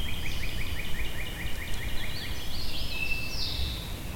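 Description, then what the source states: Bird song with a rapid run of repeated chirps, then rising whistled phrases and a thin high note, over a low constant rumble. Birds recorded at Shawnee.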